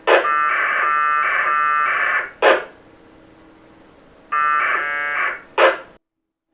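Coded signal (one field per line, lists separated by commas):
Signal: packet radio (AX.25, as in APRS)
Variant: 1200 baud AFSK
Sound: two harsh buzzing data bursts, each about two seconds, followed by short squelch noise bursts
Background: radio squelch noise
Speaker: what I just got was an email that I emailed back to myself received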